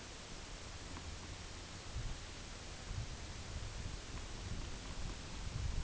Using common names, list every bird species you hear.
none